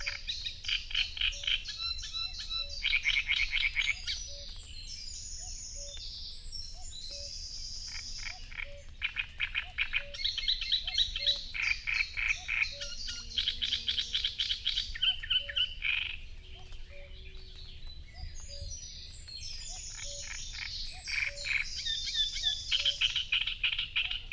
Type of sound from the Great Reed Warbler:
song